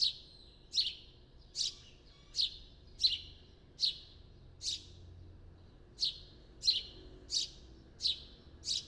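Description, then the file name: House sparrow chirping, short bright downward chirps repeated about every three-quarters of a second, a dozen calls with one brief pause, over a quiet low hum. "Passer domesticus"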